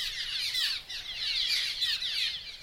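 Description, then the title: Cliff Swallow calls: a dense, unbroken chorus of squeaky, chattering notes from many birds, swelling and fading in waves. Spring nesting colonies of up to 3,700 mud gourd-shaped nests in the west, smaller in the east, under bridges, on cliffs and barn eaves; birds returned from wintering in South America. "Cliff Swallow--Strength in Numbers"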